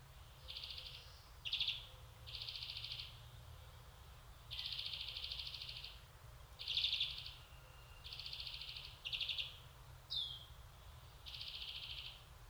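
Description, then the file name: European greenfinch trilling: a series of buzzy rattling phrases, some brief and some over a second long, with one quick descending note, over low hum. "Chloris chloris"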